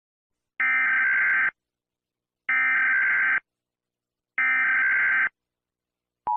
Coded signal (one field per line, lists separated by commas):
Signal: Emergency Alert System (SAME) tones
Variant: header bursts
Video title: BHTV Required Weekly Test EAS (February 23rd, 2026)